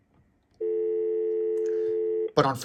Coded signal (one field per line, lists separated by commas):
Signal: telephone call progress tone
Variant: North America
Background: speech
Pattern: dial tone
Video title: Regular Phones vs Hotel Phones